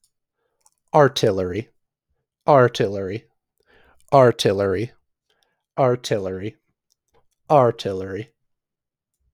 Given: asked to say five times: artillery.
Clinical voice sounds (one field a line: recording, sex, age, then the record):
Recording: repeated word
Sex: male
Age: 20 to 29 years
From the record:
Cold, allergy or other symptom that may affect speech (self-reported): no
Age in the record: 21 years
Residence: Colorado, United States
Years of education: 15